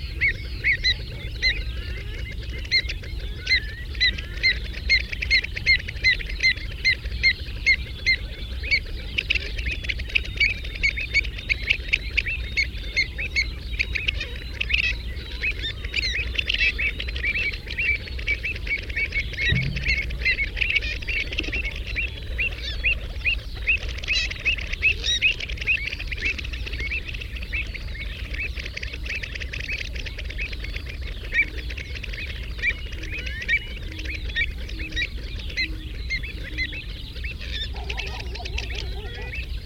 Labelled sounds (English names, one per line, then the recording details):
Pied Avocet call
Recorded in the wild
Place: Istria, Dobrogea, RO
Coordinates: 44.483, 28.811
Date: 1973-04-24
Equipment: Nagra III BH, Sennheiser MD 21, parabola
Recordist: Schubert, Michael
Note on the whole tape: Säbelschnäbler-Kolonie, territorialer Streit, Referenzaufnahme. f. d. Diversität der Sä.-Lautgebung